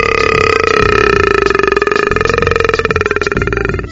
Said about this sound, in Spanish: Y no hablemos, güey, de meterte a un funeral y eructar, güey.